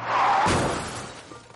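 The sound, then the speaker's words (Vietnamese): A car crash heard over a phone line: a sudden loud impact with a crunching, shattering burst, followed by a low rumbling noise that slowly fades, slightly tinny and compressed. “Tiếng xe trầm trầm giống như đâm vào nhau trong điện thoại”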